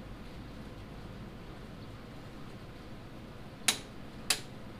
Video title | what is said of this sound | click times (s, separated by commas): 1979 F-350 4X4 Supercab Build (Episode 7) 460 Engine prep | we hear that clicking noise | 3.7 s, 4.3 s